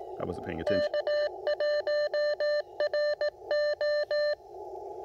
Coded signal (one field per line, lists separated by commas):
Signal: Morse code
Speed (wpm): 16 wpm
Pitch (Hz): 590 Hz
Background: speech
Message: K1RO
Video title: POTA 101: Operating CW with the Icom IC-705